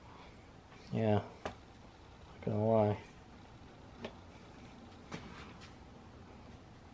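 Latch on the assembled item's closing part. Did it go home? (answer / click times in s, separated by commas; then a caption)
no / none. Someone talks while trying to close the mechanism on a newly assembled item, and brief soft knocks are heard at about 1.5 s and 4.1 s. The latch on the closing part does not catch; nothing has latched or clicked.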